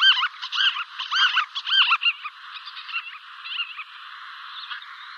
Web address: Schulze Peter White-tailed Lapwing alarmcalls